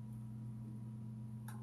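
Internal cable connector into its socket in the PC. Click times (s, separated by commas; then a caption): 1.5 s. An internal cable connector is lined up and pushed into its socket inside a Digital Storm Eclipse PC, with a steady low hum underneath. A single short click at 1.5 s marks the connector seating, and it is connected.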